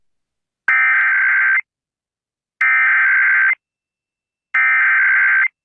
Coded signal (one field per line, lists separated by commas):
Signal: Emergency Alert System (SAME) tones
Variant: header bursts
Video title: Fairbanks, Alaska EAS: Immediate Evacuation for Haystack Mountain area (6/20/25)